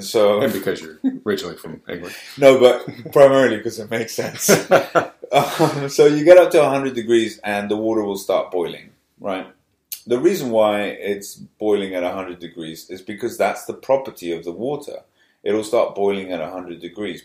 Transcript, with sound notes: And because you’re originally from England.
But primarily because it makes sense. [Laughter] So you get up to 100 degrees and the water will start boiling. The reason why it’s boiling at 100 degrees is because that’s the property of the water – it’ll start boiling at 100 degrees.